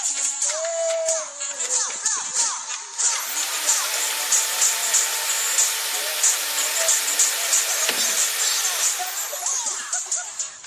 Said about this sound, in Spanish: Y acá estamos, meta, martillo, taladro y radio al palo, porque los vecinos sin techo van a tener su techo, vas a ver.